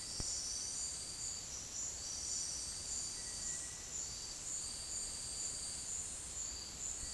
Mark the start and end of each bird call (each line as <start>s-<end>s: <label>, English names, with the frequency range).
0.00s-7.14s: Cinereous Tinamou (1.4-2.4 kHz)